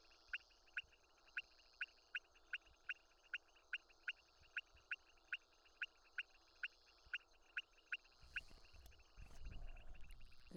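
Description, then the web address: Pointed-belly frog calling: short, sharp clicking pulses repeated steadily at a quick, even pace, then a low rumbling noise rises near the end. "Leptodactylus podicipinus"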